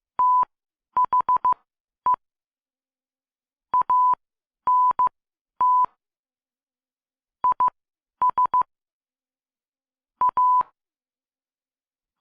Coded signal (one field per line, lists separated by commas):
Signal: Morse code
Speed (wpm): 15 wpm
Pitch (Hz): 1000 Hz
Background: none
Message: THE ANT IS A